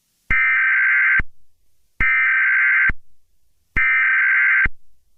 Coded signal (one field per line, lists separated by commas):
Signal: Emergency Alert System (SAME) tones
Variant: header bursts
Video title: Paradise Emergency Alert System - 04/13/1998